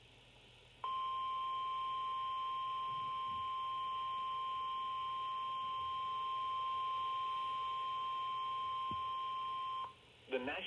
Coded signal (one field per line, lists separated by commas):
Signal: Emergency Alert System (SAME) tones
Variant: 1050 Hz attention tone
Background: speech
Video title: (NO EAS) Tornado watch for Nash county and other counties